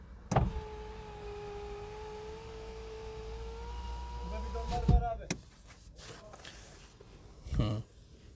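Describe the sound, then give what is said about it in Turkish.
A car's power window motor whines steadily upward for about five seconds, a humming two-tone drone that ends in a firm thunk as the glass seals, followed later by another soft thump. “Camları kapatalım.”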